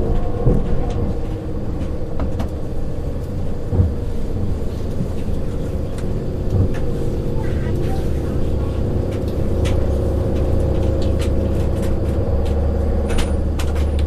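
A train rolls on with a steady low rumble and hum, dense and unchanging, with faint clicks and rattles scattered throughout.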